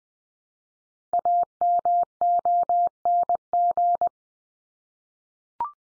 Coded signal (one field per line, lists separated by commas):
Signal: Morse code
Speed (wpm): 20 wpm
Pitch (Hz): 700 Hz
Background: none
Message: AMONG